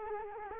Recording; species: mosquito wingbeat signal from an infrared sensor; Culex quinquefasciatus